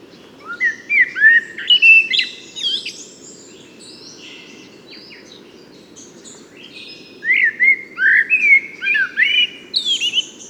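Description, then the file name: Common blackbird song: two bursts of fluty warbled phrases mixed with squeaky high notes, separated by a pause of a few seconds; steady low background noise. "Turdus merula"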